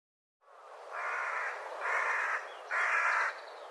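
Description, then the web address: Bird calling with three long, harsh, hoarse caws, each about half a second, followed by the start of a fourth. "cianscape birddata Deverinetal"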